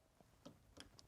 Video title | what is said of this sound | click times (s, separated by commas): Renault Scenic 3 - Seized Electronic Parking Brake Fault - How to Manually Release And Repair | you'll hear a little click and that's just just disengaging the lock | 0.8 s, 1.0 s